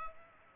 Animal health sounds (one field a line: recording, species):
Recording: mosquito wingbeat signal from an infrared sensor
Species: Culex pipiens